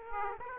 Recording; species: mosquito wingbeat signal from an infrared sensor; Aedes aegypti